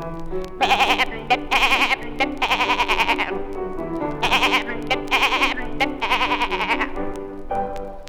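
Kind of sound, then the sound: animal, goat bleating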